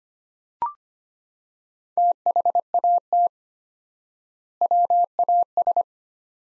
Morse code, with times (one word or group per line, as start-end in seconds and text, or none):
2.0-3.3 THAT
4.6-5.8 WAS